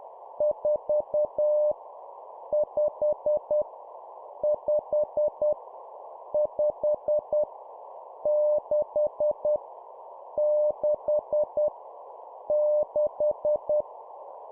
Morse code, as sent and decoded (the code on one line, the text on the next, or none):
....- / ..... / ..... / ..... / -.... / -.... / -....
4 5 5 5 6 6 6